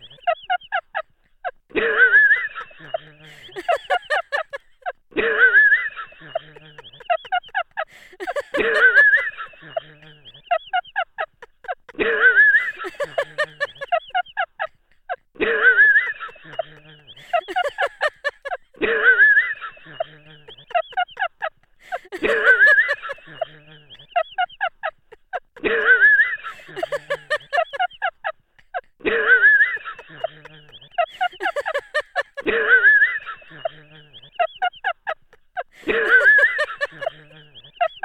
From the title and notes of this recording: Sounds of UCL: anechoic chamber laughter. Professor Scott uses the anechoic chamber to record emotive sounds, which she then plays back to listeners.